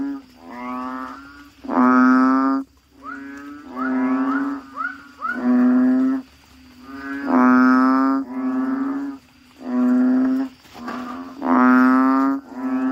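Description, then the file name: Frog croaks, a busy series of moaning calls, some short and some longer, at irregular intervals. "suara kodok bangkong"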